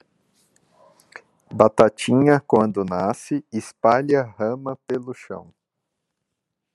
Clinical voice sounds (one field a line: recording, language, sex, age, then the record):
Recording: short text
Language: Brazilian Portuguese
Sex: male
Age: 30 to 39 years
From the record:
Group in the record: control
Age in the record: 36 years